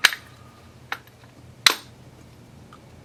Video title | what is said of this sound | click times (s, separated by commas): Axial Yeti XL Build #8 | clicks right in there | 1.7 s